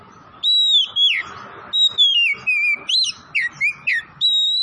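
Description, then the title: Oriental magpie-robin song: a lively series of clear, slurred whistles rising and falling, each note distinct, repeated briskly. Tretes, singing vigorously (gacor). "Kacer Tretes"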